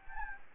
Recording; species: mosquito wingbeat signal from an infrared sensor; Anopheles gambiae